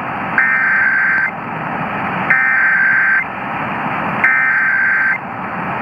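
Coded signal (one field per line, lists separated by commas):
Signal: Emergency Alert System (SAME) tones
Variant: header bursts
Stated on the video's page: Illinois Required Monthly Test received long-distance on AM station WBBM Chicago, recorded with a Rode VideoMic Pro.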